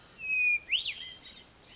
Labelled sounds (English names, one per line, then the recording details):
Hermit Thrush
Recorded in Sonoma County, California